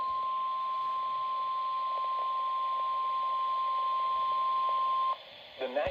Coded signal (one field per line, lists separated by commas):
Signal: Emergency Alert System (SAME) tones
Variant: 1050 Hz attention tone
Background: speech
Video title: EAS Alerts From 5/8/24: A Compilation (EAS 108-126)